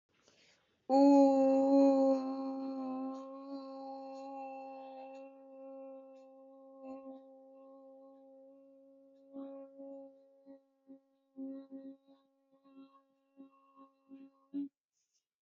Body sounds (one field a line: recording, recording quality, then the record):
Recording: sustained vowel as in boot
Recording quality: excellent, no background noise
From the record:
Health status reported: healthy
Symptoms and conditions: none ticked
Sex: female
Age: 20 years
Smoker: not ticked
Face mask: not worn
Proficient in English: yes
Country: India